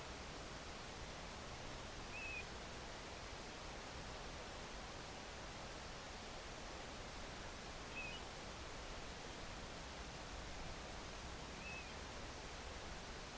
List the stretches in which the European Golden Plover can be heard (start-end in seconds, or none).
2.11-2.44, 7.95-8.19, 11.59-11.93